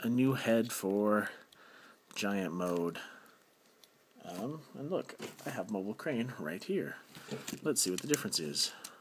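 Someone talks while handling a replacement plastic head for a transforming robot toy's combined giant mode, bringing it to the figure to push it on. Only speech and faint handling noises are heard, and nothing has seated or clicked yet.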